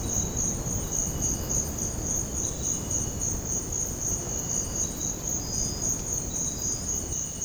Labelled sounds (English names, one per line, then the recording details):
none
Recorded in dense forest near Puerto Asís, Putumayo, Colombia, on 20 February 2024 at 05:30
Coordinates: 0.486, -76.316
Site G6437